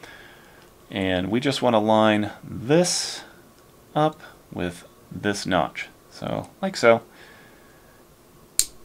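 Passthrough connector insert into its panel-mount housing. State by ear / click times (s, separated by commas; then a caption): seated / 8.6 s. Someone talks while a plastic Neutrik passthrough connector insert is lined up by its notch with the matching notch in its metal panel-mount housing on a fightstick and pushed in. A sharp, satisfying snap at 8.6 s marks the insert seating home in the housing.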